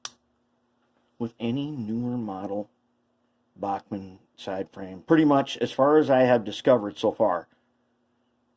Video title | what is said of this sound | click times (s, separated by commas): Bachmann Pancake Motor Rebuild | It's going to snap into place. | 0.1 s